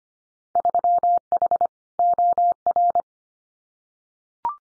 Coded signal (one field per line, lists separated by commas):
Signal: Morse code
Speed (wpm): 25 wpm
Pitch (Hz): 700 Hz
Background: none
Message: 3H OR